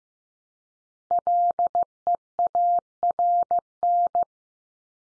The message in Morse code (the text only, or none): LEARN